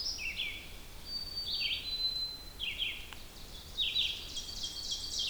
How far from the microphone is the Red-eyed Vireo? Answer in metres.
about 20 m